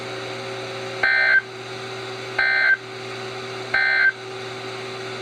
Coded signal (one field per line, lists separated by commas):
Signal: Emergency Alert System (SAME) tones